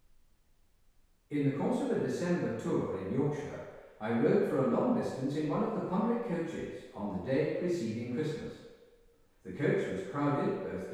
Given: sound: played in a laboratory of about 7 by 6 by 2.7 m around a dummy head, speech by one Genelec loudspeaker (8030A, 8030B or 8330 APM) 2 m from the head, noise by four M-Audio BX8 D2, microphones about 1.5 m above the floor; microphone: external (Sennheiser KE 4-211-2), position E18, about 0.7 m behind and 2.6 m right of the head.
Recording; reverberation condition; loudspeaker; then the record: male speech in English; high; behind (180 degrees)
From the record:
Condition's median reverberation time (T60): about 1300 ms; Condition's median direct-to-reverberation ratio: about -4.0 dB